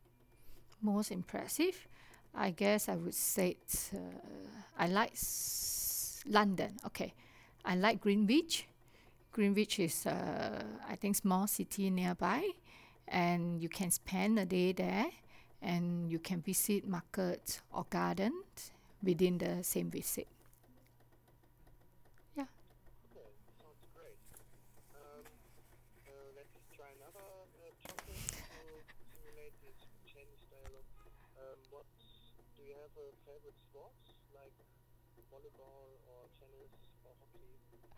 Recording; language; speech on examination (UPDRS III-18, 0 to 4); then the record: conversation on a phone call; English; 0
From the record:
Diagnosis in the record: healthy control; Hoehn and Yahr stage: 0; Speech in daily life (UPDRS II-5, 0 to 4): 0